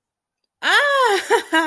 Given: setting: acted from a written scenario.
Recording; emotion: vocal sound without words; amusement